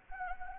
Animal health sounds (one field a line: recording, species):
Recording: mosquito wingbeat signal from an infrared sensor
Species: Anopheles arabiensis